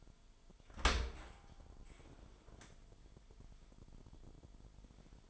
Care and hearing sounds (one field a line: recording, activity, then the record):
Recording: daily activity, microphone in the room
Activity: open dishwasher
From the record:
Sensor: 5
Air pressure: 998.4 hPa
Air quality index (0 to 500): 81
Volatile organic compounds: 1 ppm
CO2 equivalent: 924 ppm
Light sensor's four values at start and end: 21/50/21/23 and 21/50/21/23